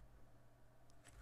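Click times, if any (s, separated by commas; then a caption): none. A small half-C plastic alignment insert is being handled at the bottom port of a smartphone, ready to be pushed carefully in until it clicks in place. Only low background noise and faint handling rustles are heard, with a brief soft high-frequency tick near 0.9 s and another around 1.1 s. Nothing has seated or clicked yet.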